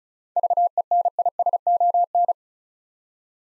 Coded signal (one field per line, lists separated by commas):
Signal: Morse code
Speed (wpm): 34 wpm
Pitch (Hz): 700 Hz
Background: none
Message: VENISON